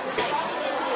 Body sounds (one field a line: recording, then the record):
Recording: coughing mixed with background sound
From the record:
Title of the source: 61 morning phlegmy cough...again